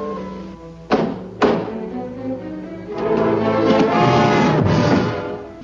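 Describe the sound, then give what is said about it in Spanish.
Two firm knocks on a door, a quick pair of dull thuds, rise over a steady musical backdrop that swells louder afterward. “en un momento vendrán a tocar la puerta trayéndonos información para descubrir el misterio del destripador Manso”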